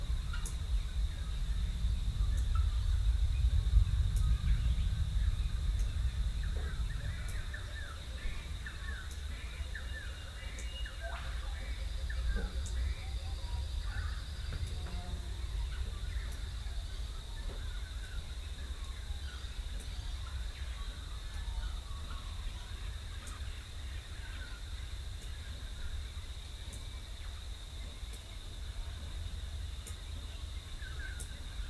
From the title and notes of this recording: Rural Dawn Chorus, Rathdowney, Queensland. It's recorded using two microphones placed as if they were human ears. Today it's the Dawn Chorus in the tiny town of Rathdowney, Queensland.